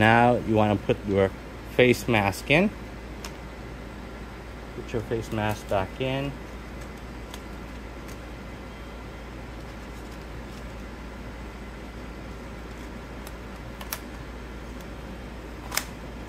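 Someone talks while handling the plastic facial interface (face mask) of a VR headset, about to push it back onto the headset. After the talking stops, faint handling sounds and a few light taps, including a sharp one near 15.8 s, rise over a steady low hum. Nothing has seated or clicked yet.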